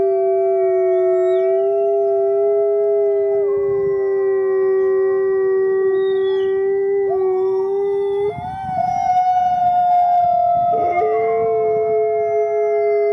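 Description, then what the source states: Wolf: wolves howling in chorus, several long sustained tones at different pitches, sliding up and down and overlapping throughout. Pack of wolves howling.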